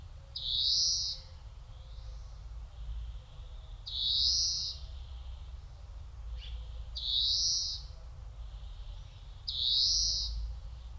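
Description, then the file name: European greenfinch repeating a drawn-out, rising nasal wheeze four times, roughly every three seconds, with a low background hum. "Chloris chloris"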